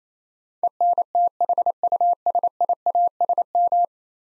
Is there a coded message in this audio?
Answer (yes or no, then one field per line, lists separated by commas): yes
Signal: Morse code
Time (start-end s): 0.6-3.9 s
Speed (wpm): 28 wpm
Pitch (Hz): 700 Hz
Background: none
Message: ENTHUSIASM